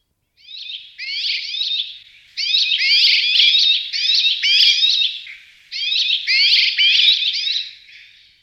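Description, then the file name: Rock sparrow calls, bright chirping notes run together in loud dense bursts of two to three seconds, separated by short pauses. "vrabec-skalní"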